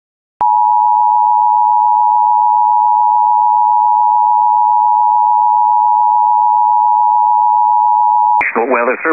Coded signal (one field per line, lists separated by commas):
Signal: Emergency Alert System (SAME) tones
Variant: 853 and 960 Hz attention tone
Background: speech